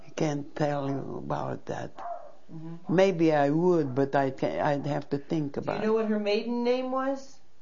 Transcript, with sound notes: can't tell you about that. ( a dog barks in the background ) Maybe I would, but I'd have to think about it.
Do you know what her maiden name was?